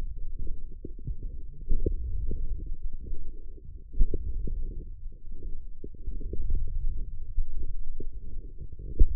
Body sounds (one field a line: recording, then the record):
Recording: forearm muscle sounds (acoustic myography)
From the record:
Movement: forearm supination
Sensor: system 1, eight BSWA MPA416 microphones around the upper forearm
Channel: 6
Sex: male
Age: 20 years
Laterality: left